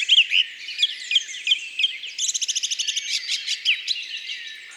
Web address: Grive musicienne. abc de la nature